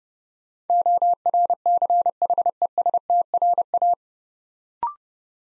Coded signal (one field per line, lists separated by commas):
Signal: Morse code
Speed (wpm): 30 wpm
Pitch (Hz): 700 Hz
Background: none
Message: ORCHESTRA